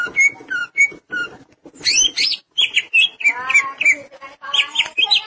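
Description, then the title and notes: Greater green leafbird song: whistled notes at first, then rapid chattering and whistled phrases mixed with rougher chirps. "Suara Kicauan Burung Cucak Ijo"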